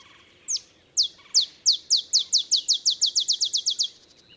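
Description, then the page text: Olive sparrow song: spaced, sharp chip notes quickening steadily into a fast rattling series, like a dropped ball bouncing to rest. Simple songs like a field sparrow's bouncing-ball song, early morning, Texas, 50 miles north of the Mexican border. "Birdsong for the Curious Naturalist. Olive sparrow"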